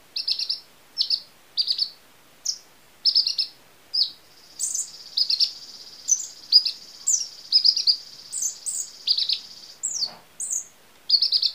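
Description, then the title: Small bird singing short, high, clipped chirps in quick pairs and triplets, repeated roughly every second, joined by a steady high buzzing tone in the middle. "Burung Kecil"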